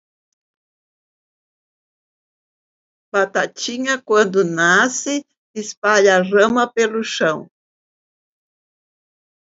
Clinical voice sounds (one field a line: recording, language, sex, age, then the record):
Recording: short text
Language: Brazilian Portuguese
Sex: female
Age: 80 to 89 years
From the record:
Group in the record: control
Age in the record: 82 years